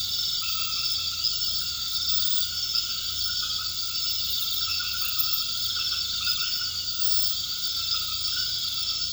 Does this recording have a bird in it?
no